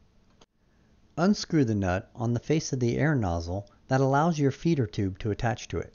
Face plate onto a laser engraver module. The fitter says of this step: simply snap into place the new face plate for the laser